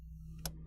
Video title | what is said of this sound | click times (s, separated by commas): Flowmaster Delta Force Cold Air Intake for 16-17 Chevrolet Camaro | the quick disconnect fitting here we're go ahead and push it in till you hear it snap okay | 0.5 s